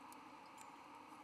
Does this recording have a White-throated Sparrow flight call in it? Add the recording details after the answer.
no. No flight call is heard. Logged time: 01:29 on 17 November 2014